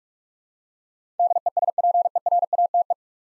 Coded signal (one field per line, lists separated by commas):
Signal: Morse code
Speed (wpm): 42 wpm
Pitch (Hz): 700 Hz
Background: none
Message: DESPERATE